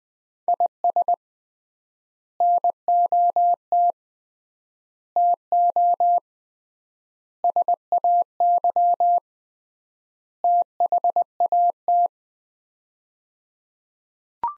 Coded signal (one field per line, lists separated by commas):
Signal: Morse code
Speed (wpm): 20 wpm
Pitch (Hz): 700 Hz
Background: none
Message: IS NOT TO SAY THAT